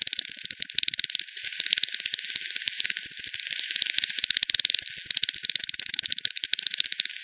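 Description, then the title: Lowered bat echolocation calls make a continuous, busy crackle of rapid clicks from overlapping animals, uneven in loudness throughout. Multiple bats at Hogsmill River, Hogsmill Lane, 7 October 2020 at 18:10; recording frequency-divided by ten, band-pass filtered and resampled. "WW bat 20201007 T 18 : 10 Z-Hogsmill-Lane-Hogsmill-River-multiple-bats"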